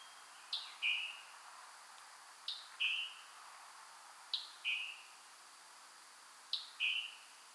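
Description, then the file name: Scarlet tanager calls: a sharp two-part note, a quick high tick followed by a lower burry chirp, repeated about every two seconds over steady background hiss. "call Scarlet Tanager Piranga olivacea"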